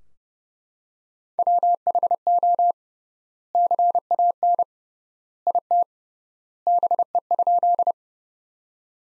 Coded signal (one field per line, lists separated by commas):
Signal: Morse code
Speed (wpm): 32 wpm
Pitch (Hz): 700 Hz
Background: none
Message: WHO CAN IT BE?